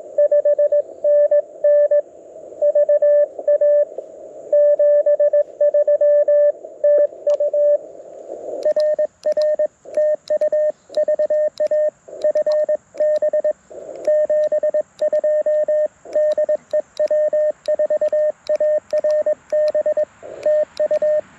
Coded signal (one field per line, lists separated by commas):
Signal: Morse code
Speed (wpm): 21 wpm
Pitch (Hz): 590 Hz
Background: radio noise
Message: 5NN VA 73 TU RR TU VA FB 72 DE W4ARB TU